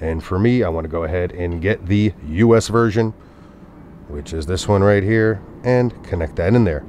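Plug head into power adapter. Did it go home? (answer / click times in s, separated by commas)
no / none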